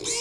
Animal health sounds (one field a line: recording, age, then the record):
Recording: pig call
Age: weaner (32 to 43 days)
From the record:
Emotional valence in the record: negative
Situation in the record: novel object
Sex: female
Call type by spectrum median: high-frequency call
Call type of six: high-frequency stable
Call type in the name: high-frequency stable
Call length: 0.21 s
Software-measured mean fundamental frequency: 418 Hz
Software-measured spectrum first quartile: 1990 Hz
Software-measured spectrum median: 4925 Hz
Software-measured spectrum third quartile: 6888 Hz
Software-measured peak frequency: 7189 Hz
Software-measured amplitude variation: 72 dB a second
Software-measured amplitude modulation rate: 21.3 a second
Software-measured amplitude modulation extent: 3.4 dB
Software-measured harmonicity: 2.3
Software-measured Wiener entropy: -1.80